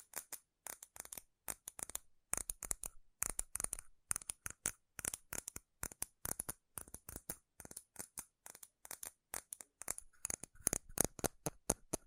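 Fast, irregular metal tapping in bright, sharp clicks, bunched in quick flurries with brief gaps, growing louder and denser toward the end.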